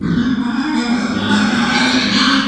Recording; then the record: squeal of a Yucatan mini pig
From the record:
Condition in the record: after surgery on the right vocal fold (resection and tissue-engineered implant); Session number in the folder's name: 14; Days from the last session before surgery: 133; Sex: female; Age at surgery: 19 weeks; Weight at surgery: 25 kg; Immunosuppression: prednisolone